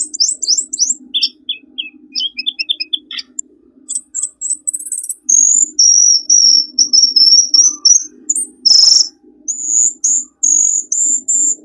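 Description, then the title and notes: Bird calls: quick high chips, then a long series of evenly spaced, steady high whistled notes, with one burst of noise. Lure sounds for attracting wary birds that are hard to approach. "Suara Burung Bandel Yang Susah Mendekati. Kompilasi Suara Pikat Burung"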